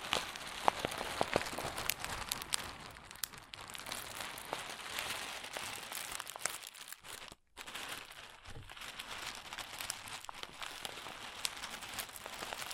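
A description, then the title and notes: Crunchy slime being squeezed and worked, giving a dense, continuous run of crisp crackles and small pops with sharp clicks scattered throughout. The texture stays bright and busy, broken by a brief near-silent pause around seven seconds before the crackling resumes. ASMR Satisfying Crunchy Slime (No Talking).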